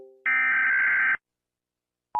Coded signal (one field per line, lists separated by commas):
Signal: Emergency Alert System (SAME) tones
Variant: header bursts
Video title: EAS Lockdown Scenario (yes I'm still doing a variety of content)